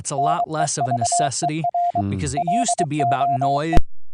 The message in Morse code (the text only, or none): NEVER LOE